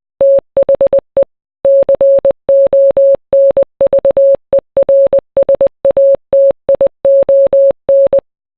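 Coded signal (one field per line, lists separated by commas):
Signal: Morse code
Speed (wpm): 20 wpm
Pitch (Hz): 550 Hz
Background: none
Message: THE CONVERSATION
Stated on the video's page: Kanye West's song Power rendered as Morse code.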